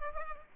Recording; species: mosquito wingbeat signal from an infrared sensor; Culex pipiens